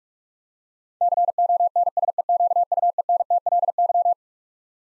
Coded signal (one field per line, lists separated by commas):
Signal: Morse code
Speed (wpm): 42 wpm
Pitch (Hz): 700 Hz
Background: none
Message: CONSEQUENTLY